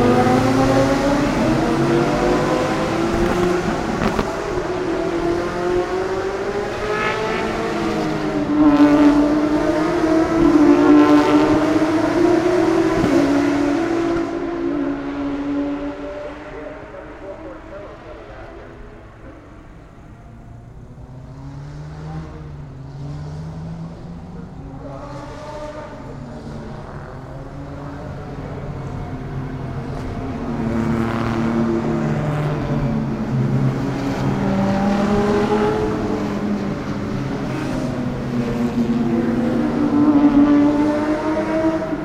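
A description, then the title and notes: Race cars roar past on a road course, engines rising and falling through gear changes, fading mid-clip then swelling again as more approach. The Sounds of World Challenge GT at Mid-Ohio 2016. An ambient audio feature of the Pirelli World Challenge GT series race at Mid-Ohio with McLarens, Nissans, Acuras, Audis, Cadillacs, Porsches, and more amazing GT3 machinery went wild around the beloved road course.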